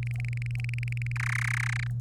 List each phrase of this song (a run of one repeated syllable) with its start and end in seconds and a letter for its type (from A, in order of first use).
0.03-1.12 A, 1.16-1.87 B